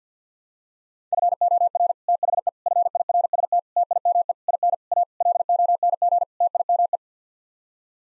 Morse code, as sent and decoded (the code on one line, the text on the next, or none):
..-. --- .-. / - .... . / ..-. .. .-. ... - / - .. -- . / .. -. / .- / .-.. --- -. --. / - .. -- .
FOR THE FIRST TIME IN A LONG TIME